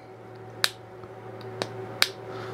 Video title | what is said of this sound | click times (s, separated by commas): Longer Ray 5 Laser Expansion Part 2 | I don't know if you can hear that but it's a definite snap if you | 0.6 s, 1.6 s, 2.0 s